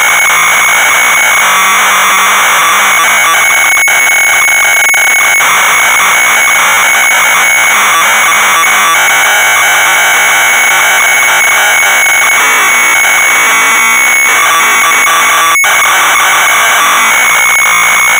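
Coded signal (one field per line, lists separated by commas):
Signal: computer data on cassette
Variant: Amstrad CPC 464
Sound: continuous harsh buzzing, screeching data noise with tonal whine; one short dropout near the end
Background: tape hiss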